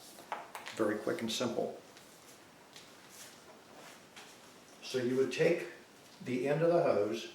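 A Yamaha Marine quick-connect fuel fitting on the fuel hose of a Pulsar PGD95BiSCO extended run time fuel kit is undone at the generator or tank end by squeezing its tab. Two small clicks are heard at about 0.3 s and 0.6 s as the fitting releases. Someone talks afterward.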